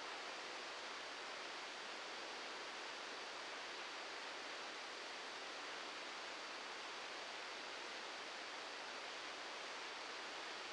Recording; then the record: brain microelectrode recording played as sound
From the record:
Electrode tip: outside the subthalamic nucleus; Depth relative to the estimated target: 0 mm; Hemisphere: left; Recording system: NeuroSet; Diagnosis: Parkinson's disease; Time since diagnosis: 7 years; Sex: male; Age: 44 years